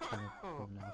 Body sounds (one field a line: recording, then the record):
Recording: coughing mixed with background sound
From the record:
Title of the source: Heavy cold and sore throat coughing.